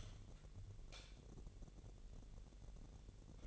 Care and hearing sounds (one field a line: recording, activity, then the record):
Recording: daily activity, microphone in the room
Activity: light on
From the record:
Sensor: 4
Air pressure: 1012.7 hPa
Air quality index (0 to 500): 248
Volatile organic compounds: 4 ppm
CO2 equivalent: 1677 ppm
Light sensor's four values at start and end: 14/32/13/13 and 16/42/16/17